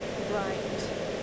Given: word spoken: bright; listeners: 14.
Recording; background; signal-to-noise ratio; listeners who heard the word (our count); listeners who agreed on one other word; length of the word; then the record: one English word in noise, from a listening test; speech-shaped noise; -5.1 dB; 3 of 14; 8 of 14; 0.83 s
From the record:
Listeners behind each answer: 8, 3, 2, 1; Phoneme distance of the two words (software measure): 7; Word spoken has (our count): 1 syllable, 4 phonemes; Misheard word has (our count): 1 syllable, 3 phonemes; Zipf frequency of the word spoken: 4.82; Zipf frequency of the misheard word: 6.36